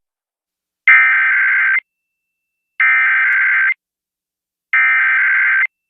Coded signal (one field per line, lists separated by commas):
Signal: Emergency Alert System (SAME) tones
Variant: header bursts